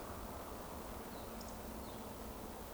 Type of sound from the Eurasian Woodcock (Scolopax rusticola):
whistle